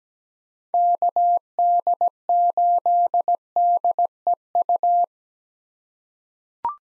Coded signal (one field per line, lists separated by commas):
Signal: Morse code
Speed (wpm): 17 wpm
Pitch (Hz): 700 Hz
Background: none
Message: KD8DEU